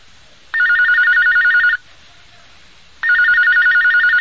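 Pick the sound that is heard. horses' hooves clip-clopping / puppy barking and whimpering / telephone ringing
telephone ringing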